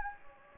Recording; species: mosquito wingbeat signal from an infrared sensor; Anopheles gambiae